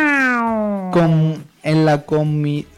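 cat meowing

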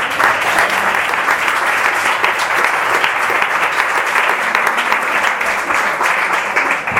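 audience applause

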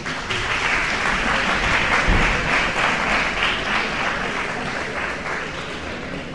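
audience applause

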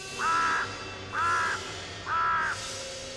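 ravens croaking

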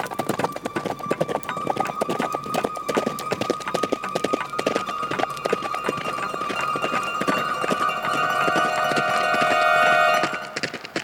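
horse galloping hoofbeats

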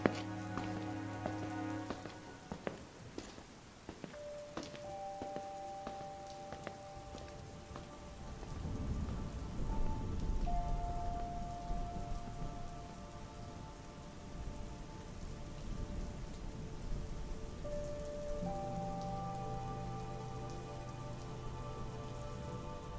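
rain falling

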